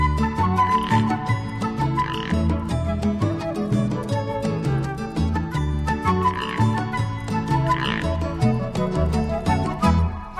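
A loud, dense chorus of toads croaking, with rapid overlapping low-pitched croaks pulsing steadily for the whole stretch and no voices.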